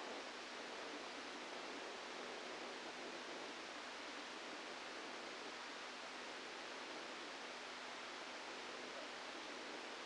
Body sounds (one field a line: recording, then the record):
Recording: brain microelectrode recording played as sound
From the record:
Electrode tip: inside the subthalamic nucleus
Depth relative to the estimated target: -2 mm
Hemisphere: left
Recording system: NeuroSet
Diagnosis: Parkinson's disease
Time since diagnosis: 17 years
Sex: male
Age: 64 years